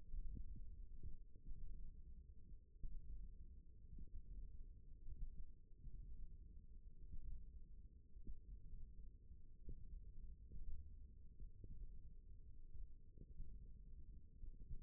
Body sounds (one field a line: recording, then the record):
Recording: forearm muscle sounds (acoustic myography)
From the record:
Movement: thumb flexion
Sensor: system 1, eight BSWA MPA416 microphones around the upper forearm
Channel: 4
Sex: female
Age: 21 years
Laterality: right